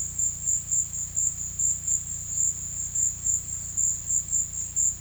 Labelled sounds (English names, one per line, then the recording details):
none
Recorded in pastures near Puerto Asís, Putumayo, Colombia, on 18 December 2024 at 16:00
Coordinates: 0.472, -76.331
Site GP02